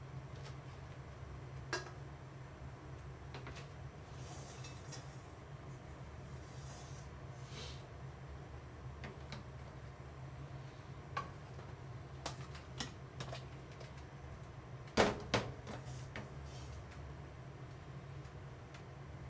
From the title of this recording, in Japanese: 洗い物の後はえびそば